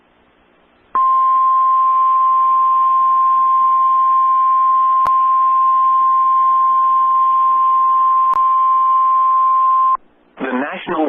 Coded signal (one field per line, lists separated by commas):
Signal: Emergency Alert System (SAME) tones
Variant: 1050 Hz attention tone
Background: speech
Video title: EAS 216 - Severe Thunderstorm Warning (LIVE STREAM EAS)